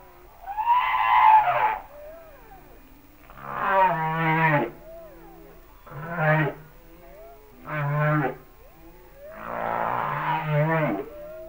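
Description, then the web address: Humpback whale song: a string of five moaning and groaning units, some with low pulsed grunts, separated by short pauses and faint upswept calls. "Whale Songs Sounds of Nature - Humpback Whales"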